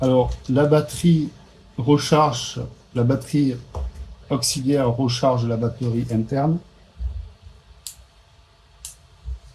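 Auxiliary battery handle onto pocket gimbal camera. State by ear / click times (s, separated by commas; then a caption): partly seated / 7.9 s, 8.8 s. Someone talks, then an auxiliary battery handle is clipped onto a DJI Osmo Pocket 3 compact gimbal camera, giving two short plastic clicks at 7.9 s and 8.9 s. The handle clips on but does not seat fully home and is not properly clipped.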